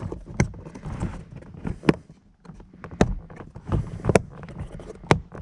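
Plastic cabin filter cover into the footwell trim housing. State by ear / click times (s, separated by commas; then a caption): seated / 0.4 s, 1.9 s, 3.0 s, 4.2 s, 5.1 s. A plastic cabin air filter cover on an Audi Q7/Q8 is pushed back onto the footwell trim housing, with its two main snaps and several small clips seating one after another. Sharp clicks land at 0.4, 1.9, 3.0, 4.2 and 5.1 seconds over low handling and rubbing noise. The cover snaps fully into place, pushed until no more clicks are heard.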